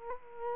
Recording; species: mosquito wingbeat signal from an infrared sensor; Culex quinquefasciatus